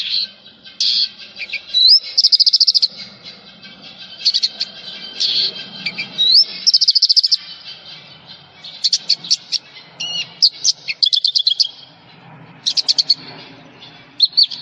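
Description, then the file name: Javan bush lark song: bursts of buzzy, trilled and chattering high notes with short rising whistles, broken by pauses, over a faint low hum. "suara burung branjangan jawa"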